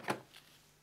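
The two triggers on either side of the plastic hose end are squeezed, and the connector is pulled out of the socket on a Miele S8 Power Plus cylinder vacuum cleaner. A short click-like hit is heard at 0.1 s as it releases, followed by a fainter knock around 0.4 s. The hose connector comes free of the socket.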